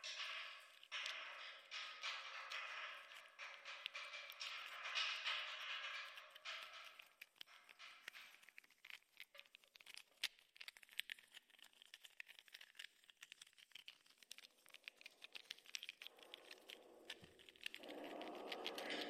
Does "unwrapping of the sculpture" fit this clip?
yes